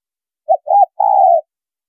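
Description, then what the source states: Spotted dove cooing: a single phrase of two short coos followed by a longer coo, against complete silence. Female bird.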